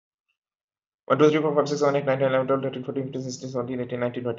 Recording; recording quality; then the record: counting at a fast pace; excellent, no background noise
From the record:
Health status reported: healthy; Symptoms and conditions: none ticked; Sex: male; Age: 31 years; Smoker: yes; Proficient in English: yes